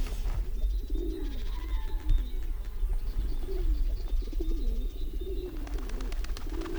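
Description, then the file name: Feral pigeon giving repeated low, rolling coos that rise and fall throughout, over constant low-pitched background hum. "Stadttaube karl-heinzfrommolt deutsches tierstimmenarchiv"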